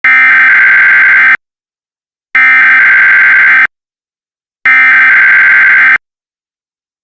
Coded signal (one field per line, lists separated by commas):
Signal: Emergency Alert System (SAME) tones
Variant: header bursts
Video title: EAS PC - Esperen a 2017